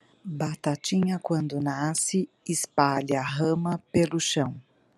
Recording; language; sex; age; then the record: short text; Brazilian Portuguese; female; 50 to 59 years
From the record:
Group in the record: control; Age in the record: 59 years